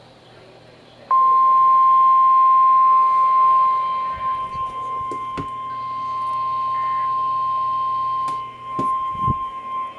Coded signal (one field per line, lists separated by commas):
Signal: Emergency Alert System (SAME) tones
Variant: 1050 Hz attention tone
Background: music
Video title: Emergency Programming... EAS Alerts from 6/9/19 - 6/10/19 (EAS #2,661 - 2,693)